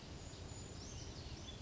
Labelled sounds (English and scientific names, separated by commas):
Brown Creeper (Certhia americana)